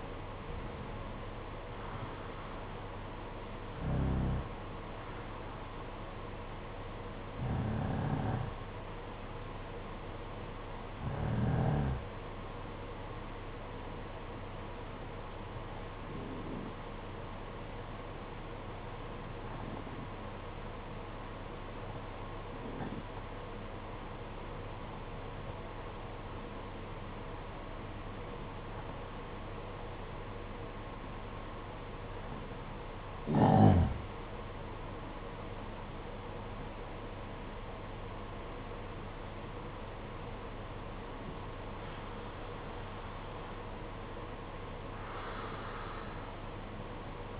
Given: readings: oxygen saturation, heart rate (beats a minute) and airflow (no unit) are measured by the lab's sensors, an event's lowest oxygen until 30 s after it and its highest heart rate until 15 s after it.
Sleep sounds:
breathing in sleep by a voice recorder at the bedside; 1
6.00-31.50 s: hypopnea (N2, oxygen 95% highest, then 88% lowest, heart rate 54 at the start, 63 highest)
43.00-47.40 s: new sleep stage, N1 (lightest sleep)
From the record:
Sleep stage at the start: N2 (light sleep); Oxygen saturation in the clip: 86 to 95%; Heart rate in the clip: 53 to 63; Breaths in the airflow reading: 14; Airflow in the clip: -9.3 to 10.0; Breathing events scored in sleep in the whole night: 476 in 9.7 hours asleep

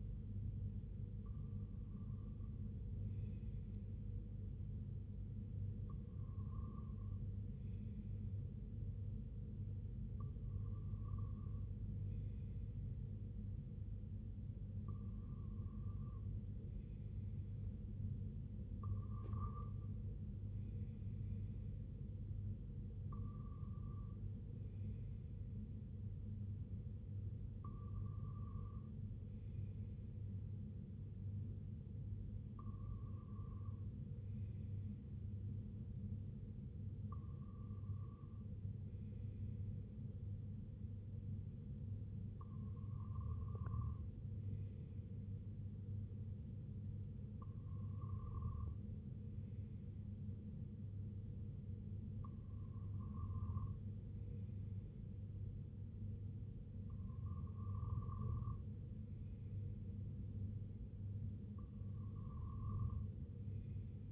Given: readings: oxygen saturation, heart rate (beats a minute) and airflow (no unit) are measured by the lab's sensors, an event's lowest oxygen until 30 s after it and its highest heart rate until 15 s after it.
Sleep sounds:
breathing in sleep by a smartphone at the bedside; none
none scored
From the record:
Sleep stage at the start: REM sleep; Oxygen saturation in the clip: 96%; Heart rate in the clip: 64 to 74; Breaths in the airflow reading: 13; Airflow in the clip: -5.7 to 3.6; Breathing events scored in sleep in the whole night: 258 in 7.4 hours asleep

